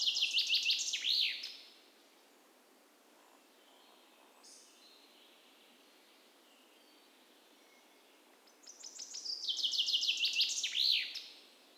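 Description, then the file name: Common chaffinch: the tail of one chirping phrase, several seconds of quiet with faint notes, then a full descending trill with its closing flourish. "Fringilla coelebs"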